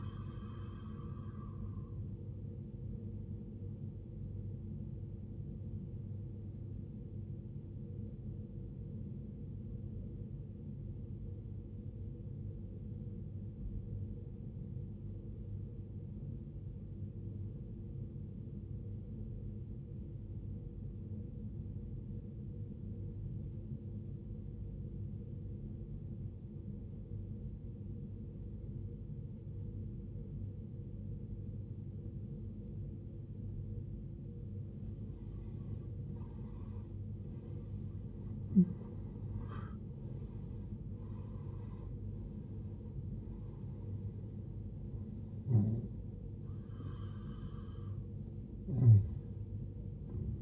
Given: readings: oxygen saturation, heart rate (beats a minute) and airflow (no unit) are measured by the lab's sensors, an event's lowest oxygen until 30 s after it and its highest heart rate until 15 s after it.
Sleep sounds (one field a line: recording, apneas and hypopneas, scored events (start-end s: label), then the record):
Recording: breathing in sleep by a smartphone at the bedside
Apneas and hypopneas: 1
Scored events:
8.00-33.60 s: obstructive apnea (N1, oxygen 94% highest, then 83% lowest, heart rate 55 at the start, 77 highest)
10.00-40.00 s: new sleep stage, N2 (light sleep)
40.00-50.42 s: new sleep stage, N1 (lightest sleep)
From the record:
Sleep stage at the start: N1 (lightest sleep)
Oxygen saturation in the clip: 84 to 94%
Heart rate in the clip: 51 to 77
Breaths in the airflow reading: 6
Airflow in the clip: -16.5 to 16.6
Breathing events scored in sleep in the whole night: 389 in 6.3 hours asleep